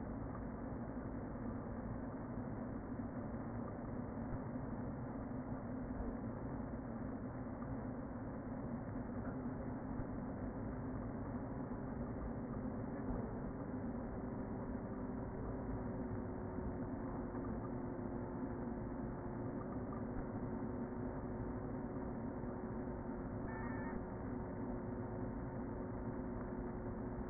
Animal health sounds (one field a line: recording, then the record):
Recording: honeybee colony, microphone inside the hive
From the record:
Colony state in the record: queen present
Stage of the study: before two queens were removed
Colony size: about 60,000 bees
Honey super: yes